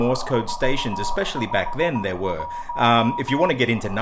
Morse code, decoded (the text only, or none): 451